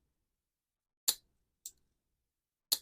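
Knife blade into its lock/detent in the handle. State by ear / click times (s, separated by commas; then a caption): seated / 1.1 s, 2.7 s. The steel blade of a Spyderco Manix 2 folding knife is flicked and snaps against its ball-bearing lock and detent in the handle, with sharp, bright clicks at 1.1 s and 2.7 s and a quieter click at about 1.7 s. The action is very clicky and snappy, with a positive click and snap, and the blade seats firmly.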